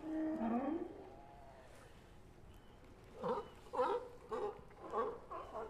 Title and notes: Sea Lions at Pier 39. Listen to the loud sea lions fighting for their space on floating docks at Pier 39